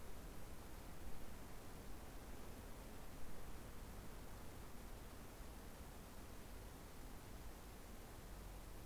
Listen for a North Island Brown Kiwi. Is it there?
no